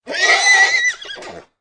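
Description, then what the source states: Horse neighing: one loud, high, quavering whinny of about a second and a half that wavers and breaks into shorter pulses before stopping. Stallion neighing, with movement.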